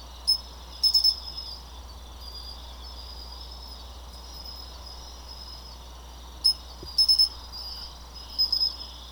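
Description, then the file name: Aomatsumushi tree cricket song, a continuous thin high ringing tone with short louder bursts of chirps, over a low steady hum. Recorded 3 November 2014. "20141103 A-matumushi"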